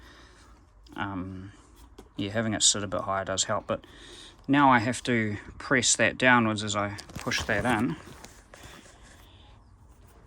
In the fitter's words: and it doesn't click unfortunately anymore, and I like the click of it going in,